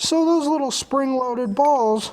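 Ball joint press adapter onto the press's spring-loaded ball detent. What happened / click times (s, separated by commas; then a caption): No seating snap yet; only someone talking before the adapter goes on / none. Someone talks while a ball joint press adapter is handled at the press, where spring-loaded detent balls will hold it. The adapter has not been pushed home onto the detent balls, and nothing has seated or snapped yet.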